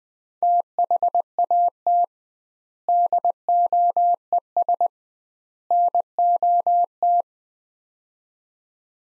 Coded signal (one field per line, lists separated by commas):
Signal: Morse code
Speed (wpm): 21 wpm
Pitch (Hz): 700 Hz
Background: none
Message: THAT DOES NOT